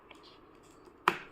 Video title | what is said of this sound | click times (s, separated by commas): #callas portable and adjustable #laptopdesk #bedtable only in Rs 979 #amazomprime #amazonshopping | जैसे मैं इसको यहां पर लॉक कर देती हूं तो यह यहीं पर लॉक हो जाएगा | 1.1 s